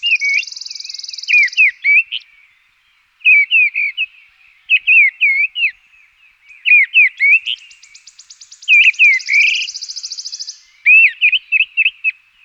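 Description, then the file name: Mistle thrush singing short, clear whistled phrases with brief pauses, alongside a high buzzy trill that appears twice. Recorded in 2004. "roche 2004 misteldrossel"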